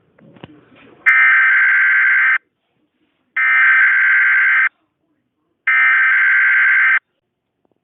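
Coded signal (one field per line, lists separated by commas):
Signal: Emergency Alert System (SAME) tones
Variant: header bursts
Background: speech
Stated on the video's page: Fictional nationwide EAS scenario made with KineMaster, a simulated alert.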